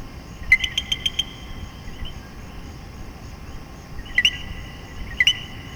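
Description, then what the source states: Common coquí: a fast burst of clicky notes opens, followed by two clear rising co-qui calls from a Common coquí over a steady high chorus. Several coquíes calling in Puerto Rico.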